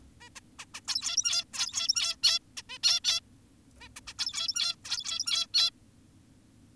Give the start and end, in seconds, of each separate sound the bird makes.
0.21-0.29, 0.36-0.40, 0.59-0.66, 0.74-0.81, 0.88-1.44, 1.53-2.16, 2.23-2.39, 2.57-2.62, 2.70-2.78, 2.84-3.00, 3.04-3.20, 3.81-3.88, 3.96-4.00, 4.08-4.14, 4.19-4.76, 4.85-5.47, 5.54-5.70